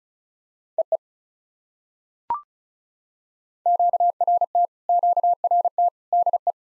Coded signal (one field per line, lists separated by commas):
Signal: Morse code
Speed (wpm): 36 wpm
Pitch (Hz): 700 Hz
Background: none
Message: EE QRT QRT DE